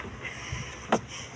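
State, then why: Released. The central door lock in the driver-side door of a 2025 Kia Carnival minivan releases as the driver door is opened. A single sharp, broadband click is heard at 0.9 s against a low, steady background. The central lock has clicked open.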